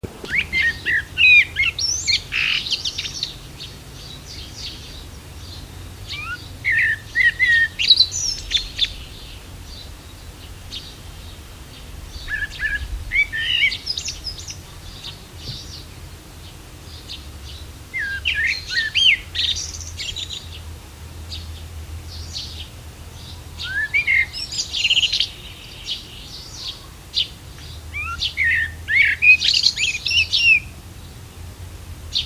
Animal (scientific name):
Turdus merula